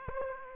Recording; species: mosquito wingbeat signal from an infrared sensor; Aedes aegypti